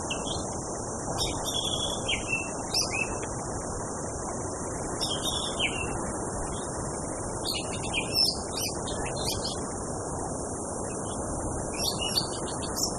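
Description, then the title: Orange-headed thrush song: short whistled and chirping phrases scattered throughout, over steady loud wind-like rushing and a constant high hiss. Tutor recording for training cage birds, mixed with blowing wind, for therapy. "Anis Kembang. Suara Burung Anis Merah + Hembusan Angin Untuk Terapi"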